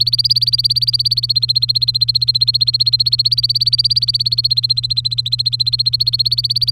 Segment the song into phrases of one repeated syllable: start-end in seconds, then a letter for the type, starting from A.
0.00-6.71 A